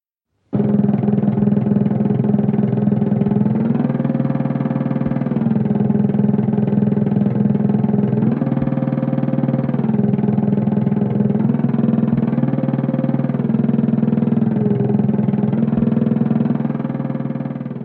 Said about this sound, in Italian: Anche il ronzare non manca con il ronzatore.